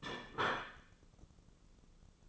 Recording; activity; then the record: daily activity, microphone in the room; place plate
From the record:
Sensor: 4